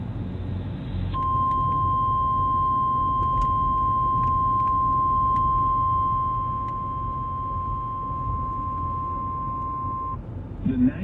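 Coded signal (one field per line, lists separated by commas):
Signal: Emergency Alert System (SAME) tones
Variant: 1050 Hz attention tone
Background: speech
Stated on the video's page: Real National Weather Service Tucson Flash Flood Warning EAS activation for southeastern Pima County, Arizona.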